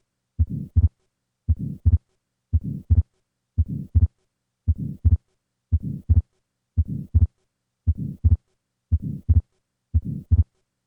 The murmur and split second heart sound of an atrial septal defect.